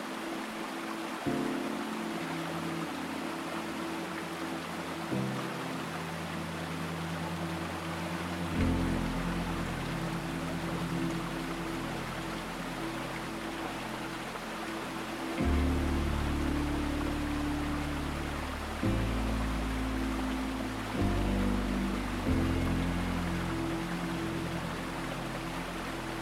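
Calming water sounds run as a steady, dense hiss through the whole clip, beneath a tranquil tune of low, sustained chords. The chords shift every few seconds, around 1, 5, 8, 15, 19 and 22 seconds, with the fuller, louder passages arriving later on.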